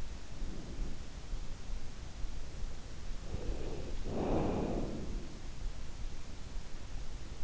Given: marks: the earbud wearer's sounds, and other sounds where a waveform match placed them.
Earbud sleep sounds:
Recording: sounds in sleep by an in-ear microphone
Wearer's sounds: breath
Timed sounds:
0.23-1.16 s: breath
3.26-5.12 s: breath

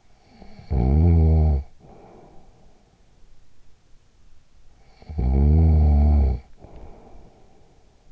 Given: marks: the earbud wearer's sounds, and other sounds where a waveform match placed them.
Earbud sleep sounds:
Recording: sounds in sleep by an in-ear microphone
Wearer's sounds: snoring breath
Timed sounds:
0.07-3.21 s: snoring breath
4.95-8.12 s: snoring breath

